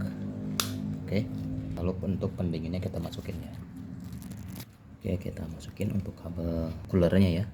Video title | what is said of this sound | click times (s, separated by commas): PERBAIKI KIPAS AC MINI FAN X.05‼️ KIPAS MINI COOLER | sampai bunyi klek. | 0.6 s